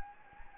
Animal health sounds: mosquito wingbeat signal from an infrared sensor; Anopheles gambiae

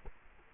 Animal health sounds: mosquito wingbeat signal from an infrared sensor; Culex quinquefasciatus

